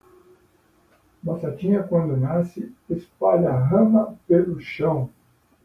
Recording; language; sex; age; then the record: short text; Brazilian Portuguese; male; 50 to 59 years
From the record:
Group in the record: control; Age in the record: 58 years